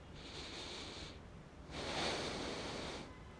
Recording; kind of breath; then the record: one breath in and out by a microphone near the nose and mouth; deep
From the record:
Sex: male